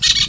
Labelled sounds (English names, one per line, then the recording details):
Brown-throated Parakeet contact call
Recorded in Venezuela
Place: Guárico; Corozopando; Fundo La Fe
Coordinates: 8.506, -67.593